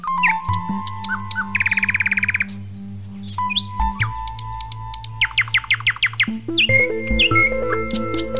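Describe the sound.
Bird calls: rapid chirps, trills and whistled notes in quick bursts, over steady low tones.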